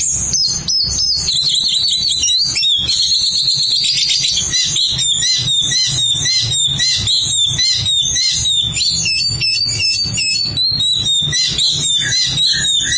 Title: Suara Kicauan Burung Kacer